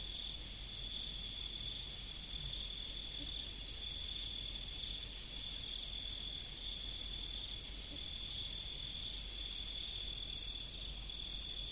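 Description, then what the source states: Insects chirping in a dense chorus: a steady high trill with faster pulsing above it, continuous and unbroken throughout. In prairie.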